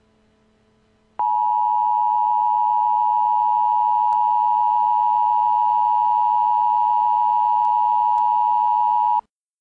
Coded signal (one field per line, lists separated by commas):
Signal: Emergency Alert System (SAME) tones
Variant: 853 and 960 Hz attention tone